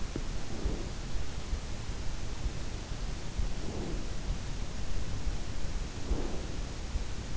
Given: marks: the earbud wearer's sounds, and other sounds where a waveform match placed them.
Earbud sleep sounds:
sounds in sleep by an in-ear microphone; breath
0.26-1.42 s: breath
3.36-4.27 s: breath
5.62-6.98 s: breath

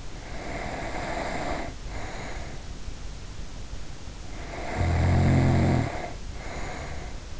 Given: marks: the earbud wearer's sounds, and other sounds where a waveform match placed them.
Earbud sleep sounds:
sounds in sleep by an in-ear microphone; breath, snoring breath
0.03-2.73 s: breath
4.29-7.40 s: snoring breath

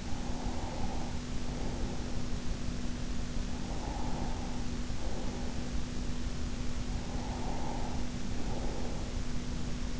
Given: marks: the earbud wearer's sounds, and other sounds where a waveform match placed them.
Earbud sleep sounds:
sounds in sleep by an in-ear microphone; breath
0.00-2.22 s: breath
3.59-5.85 s: breath
6.86-9.35 s: breath

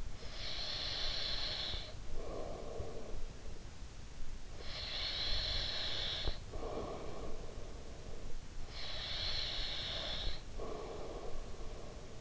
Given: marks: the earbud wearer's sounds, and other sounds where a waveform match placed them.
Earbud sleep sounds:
sounds in sleep by an in-ear microphone; breath
0.00-3.92 s: breath
4.15-12.21 s: breath

